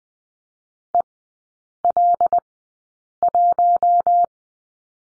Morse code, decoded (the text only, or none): EL1